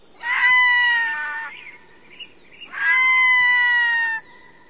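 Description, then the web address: Red-throated loon giving two drawn-out, nasal wailing calls, each over a second long, with a few faint chirps between them. North America. "Songs of Birds of North America Stokes. Red-throated Loon"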